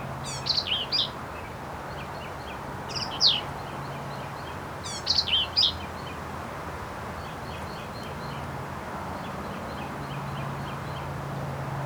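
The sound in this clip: Black-capped vireo song: three brief, harsh phrases of jumbled high notes, separated by pauses, over steady background hiss.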